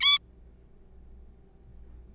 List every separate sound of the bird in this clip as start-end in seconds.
0.01-0.19